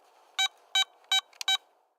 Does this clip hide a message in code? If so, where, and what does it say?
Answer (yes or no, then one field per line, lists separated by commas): no